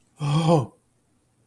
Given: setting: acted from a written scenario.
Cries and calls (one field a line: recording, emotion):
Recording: vocal sound without words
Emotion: shame